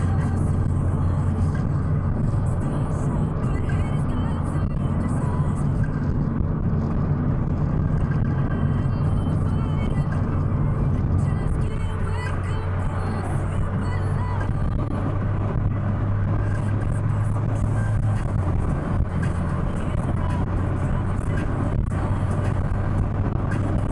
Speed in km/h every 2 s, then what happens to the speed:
82, 80, 79, 79, 81, 83, 85, 90, 98, 103, 110, 115.
0-11 steady at about 80. 11-24 speeds up to 115.